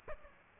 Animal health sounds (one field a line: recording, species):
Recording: mosquito wingbeat signal from an infrared sensor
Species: Aedes aegypti